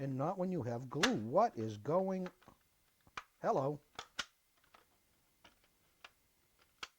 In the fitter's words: Well, something snapped into place there, didn't it?